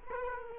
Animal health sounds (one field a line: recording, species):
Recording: mosquito wingbeat signal from an infrared sensor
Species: Culex quinquefasciatus